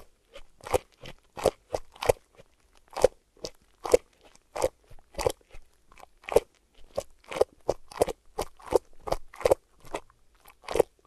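ASMR triggers of crisp, crunchy crackling bursts, arriving in quick clusters roughly twice a second with near-silent gaps between them.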